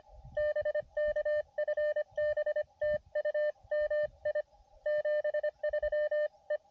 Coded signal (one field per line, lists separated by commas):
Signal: Morse code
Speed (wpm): 24 wpm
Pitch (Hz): 590 Hz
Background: none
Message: BK FB TU MI 73 E